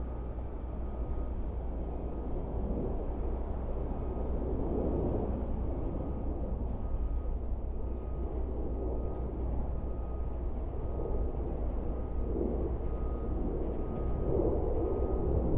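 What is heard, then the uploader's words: A steady outdoor backdrop of traffic and engine rumble fills the yard, low and dense throughout with slow swells. A faint thin tone hangs in the middle range, and light wind adds a soft hiss; no clear bird calls or barking stand out. A stereo recording of our backyard. The recording was made near one deciduous tree, and three evergreen trees, two living, one x-mas, next to the fence pictured above.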